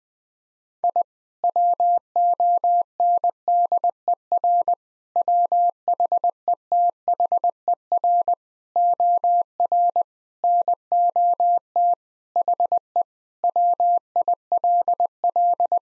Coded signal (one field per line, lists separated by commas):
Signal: Morse code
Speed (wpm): 21 wpm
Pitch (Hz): 700 Hz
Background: none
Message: I WONDER WHETHER OR NOT HE WILL